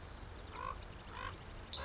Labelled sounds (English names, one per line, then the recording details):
Common Raven
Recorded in Sonoma County, California